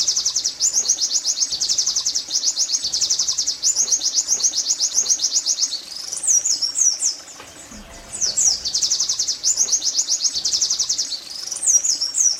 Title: pleci tembakan zipper pas buat masteran pleci ombyokan